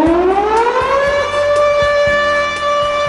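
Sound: siren sound effect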